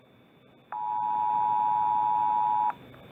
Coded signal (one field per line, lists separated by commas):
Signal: Emergency Alert System (SAME) tones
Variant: 853 and 960 Hz attention tone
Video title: Countryballs react at their EAS alarms